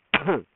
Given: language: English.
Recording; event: throat vibration sensor signal played as sound; cough